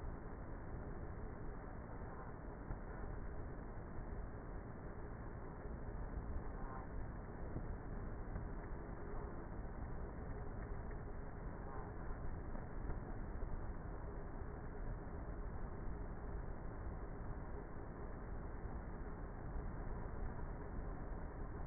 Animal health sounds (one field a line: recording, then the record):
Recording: honeybee colony, microphone inside the hive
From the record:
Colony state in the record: queenless with a low population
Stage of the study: before two queens were removed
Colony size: about 30,000 bees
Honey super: no